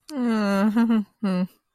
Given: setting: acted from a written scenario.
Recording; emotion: vocal sound without words; distress